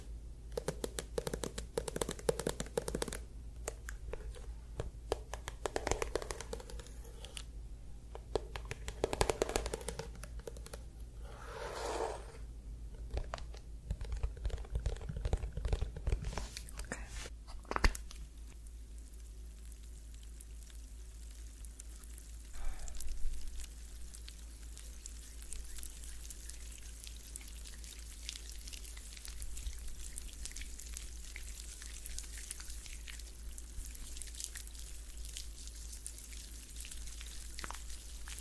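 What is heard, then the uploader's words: Crackly scratching and rubbing of a scalp massage fills the first eighteen seconds, with dense bursts of brushing and fingertip friction. After that it settles into a quieter, steadier soft hiss with a brief rustle near 23 seconds, over a constant low hum. ASMR Scalp Massage of Your Dreams.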